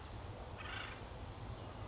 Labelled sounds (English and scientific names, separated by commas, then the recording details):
Acorn Woodpecker (Melanerpes formicivorus)
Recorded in Sonoma County, California